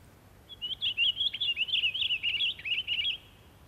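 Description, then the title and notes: Pine Grosbeak song, a flowing run of clear, slurred whistles and short trills held for over two seconds against a quiet background. "Taviokuurna. Jussi Salokorpi"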